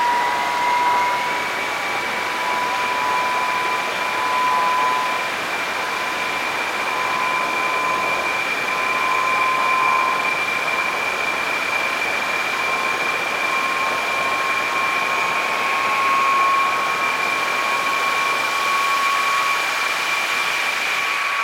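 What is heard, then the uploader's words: A shortwave radio hisses steadily while two thin whistling tones hold across the clip, the higher one bending upward early and wavering slightly. My first nighttime voltage controlled shortwave radio experiment with a 25 foot antenna.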